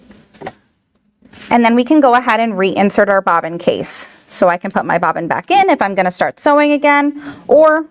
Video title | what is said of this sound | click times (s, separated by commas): How Do I Clean & Care for My Sewing Machine? | So you're going to push this back until it clicks. | 0.5 s